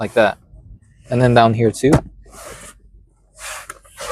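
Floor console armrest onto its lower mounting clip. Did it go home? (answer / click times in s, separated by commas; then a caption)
yes / 3.7 s. A floor console armrest is reinstalled on a 2014 Chevy Silverado, sliding down slowly onto its mounting clips while someone talks. A short, sharp click at 3.7 s is the lower mounting clip snapping in, seating the armrest.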